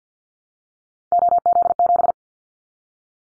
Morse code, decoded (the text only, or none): OZ7